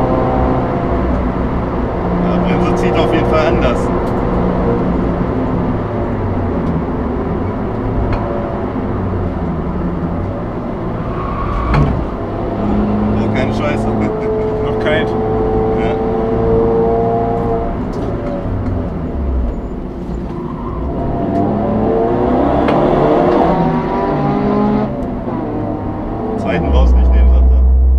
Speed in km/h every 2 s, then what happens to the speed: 124, 124, 112, 94, 80, 70, 63, 66, 68, 54, 56, 63, 60, 66.
0-10 brakes to 70. 10-16 steady at about 66. 16-18 brakes to 54. 18-28 speeds up to 66.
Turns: 17-23.